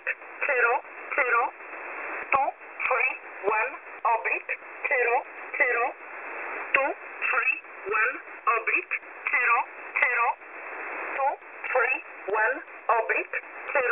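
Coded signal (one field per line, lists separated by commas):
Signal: numbers station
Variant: E11 Oblique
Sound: a voice reading short words at a steady rhythm with brief gaps, over shortwave hiss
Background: radio static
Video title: E11 Oblique 14/02/2023 1605 UTC 5432kHz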